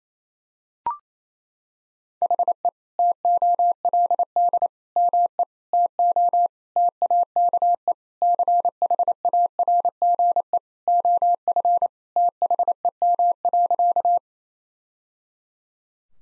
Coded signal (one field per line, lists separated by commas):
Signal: Morse code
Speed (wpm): 28 wpm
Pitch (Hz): 700 Hz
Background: none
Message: HE TOLD ME TO TAKE CHARGE OF THEM.